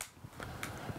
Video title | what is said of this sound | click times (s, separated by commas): BlackBerry Leap Top 3 Accessories Detailed Review | can take it back click into place at the bottom and | 0.0 s